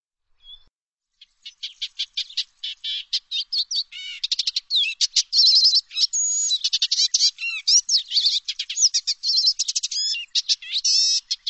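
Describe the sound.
Bird singing a rapid, continuous stream of high chirps, trills and whistled slurs, building after a brief opening note into dense, varied phrases.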